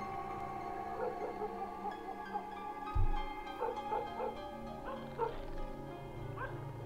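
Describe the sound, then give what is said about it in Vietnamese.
A dog named Tango, outside, barks again in a string of short, uneven yaps and bow-wows, mid-pitched and moderately loud, over a steady background hum, with a brief low thump partway through. “Con tango ở bên ngoài tựa như là không biết mệt, nó lại bắt đầu sủa.”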